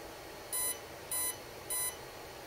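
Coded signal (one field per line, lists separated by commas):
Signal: none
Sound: speed controller setup beeps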